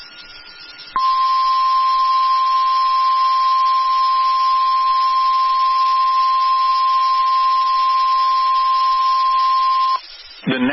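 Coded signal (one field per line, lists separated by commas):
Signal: Emergency Alert System (SAME) tones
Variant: 1050 Hz attention tone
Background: speech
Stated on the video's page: Real severe thunderstorm warning containing valid tones.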